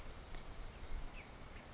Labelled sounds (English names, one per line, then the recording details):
California Towhee
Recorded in Sonoma County, California